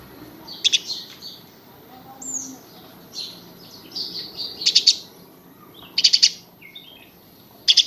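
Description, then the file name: House sparrow giving several loud doubled chirps at irregular intervals, with softer whistled and twittering notes between. "Passer domesticus"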